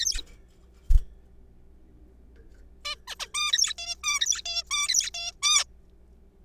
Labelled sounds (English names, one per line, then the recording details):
Zebra Finch
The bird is a juvenile
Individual R3428